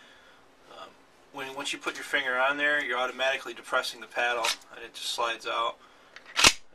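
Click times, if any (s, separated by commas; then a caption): 6.4 s. Someone talks while a pistol is drawn from a Blackhawk Serpa Level 2 polymer retention holster with the paddle pressed, then reholstered. A sharp click at 6.4 s is the retention catch locking, and the pistol is seated back in the holster.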